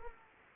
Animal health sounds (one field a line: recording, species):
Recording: mosquito wingbeat signal from an infrared sensor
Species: Anopheles arabiensis